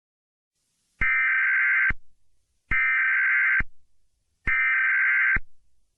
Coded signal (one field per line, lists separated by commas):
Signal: Emergency Alert System (SAME) tones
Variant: header bursts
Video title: EAS Scenario/Mock #16 - The Scissor Girl Attacks